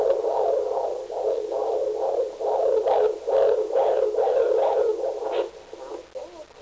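Rapid, regular, whooshing pulses repeat at about 140 a minute, with a steady rhythm that fades out near the end. They sound like a child's heartbeat, heard as muffled swishes rather than deep thumps.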